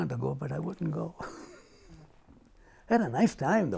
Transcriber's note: laughs